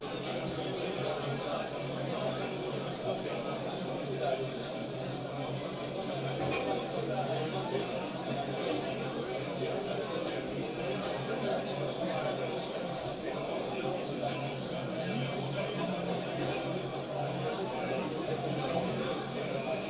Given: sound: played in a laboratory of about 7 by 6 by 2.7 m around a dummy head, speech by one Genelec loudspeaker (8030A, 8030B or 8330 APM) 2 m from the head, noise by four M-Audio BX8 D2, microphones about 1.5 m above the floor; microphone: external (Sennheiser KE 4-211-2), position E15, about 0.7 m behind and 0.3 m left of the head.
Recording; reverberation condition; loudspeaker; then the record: cafeteria noise; low; four, about 170 cm from the corners of the room and facing them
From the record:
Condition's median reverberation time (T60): about 310 ms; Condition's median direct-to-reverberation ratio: about 3.5 dB